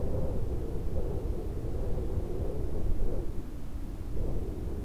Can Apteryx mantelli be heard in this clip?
no